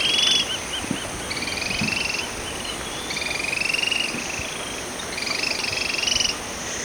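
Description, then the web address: Yellow tyrannulet calls, short fast chattering trills repeated several times over steady background noise. Recorded in Ecuador, South America. "Birds of Ecuador 3. Yellow Tyrannulet"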